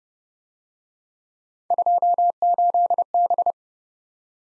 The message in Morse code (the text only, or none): 28B